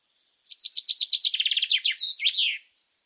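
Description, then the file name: Common chaffinch song: a fast descending series of sweet chipping notes that speeds into a rattle and ends in a sharp flourish, about two seconds long, with a silent background. "Fringilla coelebs"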